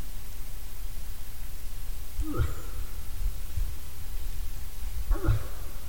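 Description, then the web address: Moose making two hoarse, descending grunts roughly three seconds apart against a constant low-pitched background noise. "hirvi. nisakkaiden-aania-7-osa-hirvi"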